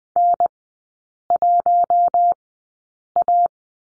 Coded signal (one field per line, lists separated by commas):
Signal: Morse code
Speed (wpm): 20 wpm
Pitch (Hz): 700 Hz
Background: none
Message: N1A